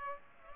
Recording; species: mosquito wingbeat signal from an infrared sensor; Aedes aegypti